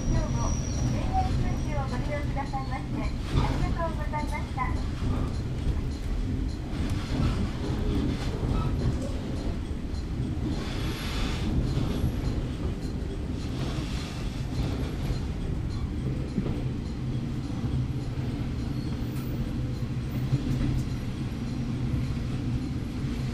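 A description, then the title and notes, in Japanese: A train runs steadily along the line, its deep rumble and rattling wheels filling the low end throughout. In the first few seconds a faint voice or chime sounds over the noise, and brief rushes of air pass around the eleventh second. 指宿枕崎線 5321D（キハ140-2061）薩摩板敷-枕崎。列車は西大山を過ぎると西へ進路を変え終着駅の枕崎駅を目指して走ります。This is the JR Kyushu Ibusukimakurazaki Line, which runs at the southernmost tip of the JR Line.ZOOM H2。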